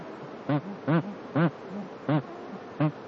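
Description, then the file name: Bar-headed goose honking, five loud nasal notes spaced irregularly over three seconds, with quieter calls between them. "anser indicus"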